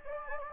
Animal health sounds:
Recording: mosquito wingbeat signal from an infrared sensor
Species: Anopheles gambiae

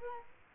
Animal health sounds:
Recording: mosquito wingbeat signal from an infrared sensor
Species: Culex quinquefasciatus

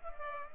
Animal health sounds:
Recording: mosquito wingbeat signal from an infrared sensor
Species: Culex pipiens

